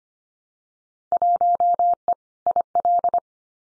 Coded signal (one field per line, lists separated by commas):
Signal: Morse code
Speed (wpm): 25 wpm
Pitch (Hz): 700 Hz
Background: none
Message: 1E IL